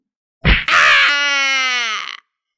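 A sharp, heavy punch from a small child thuds against a man's face, followed at once by a long, strained groan that slides slowly downward in pitch before trailing off.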